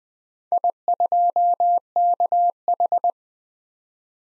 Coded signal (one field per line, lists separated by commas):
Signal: Morse code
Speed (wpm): 20 wpm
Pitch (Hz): 700 Hz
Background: none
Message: I2KH